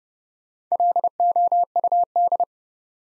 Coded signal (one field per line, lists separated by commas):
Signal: Morse code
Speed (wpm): 30 wpm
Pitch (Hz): 700 Hz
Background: none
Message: LOUD